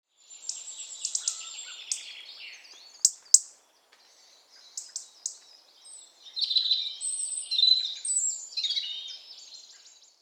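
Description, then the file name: European robin song, a varied run of high thin twittering notes, brief clicks and sweet whistled phrases with short pauses between bursts, in an otherwise quiet background. "Erithacus rubecula"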